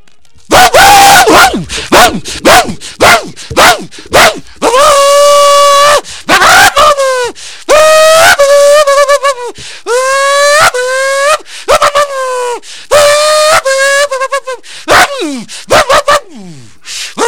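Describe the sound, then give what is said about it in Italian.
A voice mimics a racing car engine: a string of short revving bursts, then longer droning tones that climb and drop in pitch like gear changes, loud and with no other talk. “E come faresti il rumore di questo motore?”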